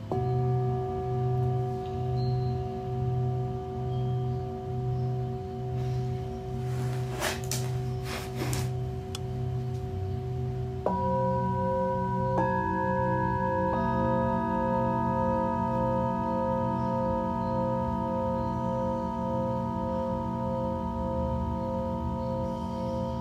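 Singing bowls ring with long, steady tones, layered and sustained throughout, with a soft pulsing wobble in the low range. Around seven to eight seconds a few brief bright strikes sound, and near eleven seconds new bowls join, making the ringing fuller and slightly louder.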